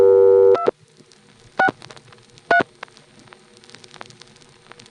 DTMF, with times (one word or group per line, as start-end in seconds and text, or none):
0.6-0.7 2
1.6-1.7 6
2.5-2.6 3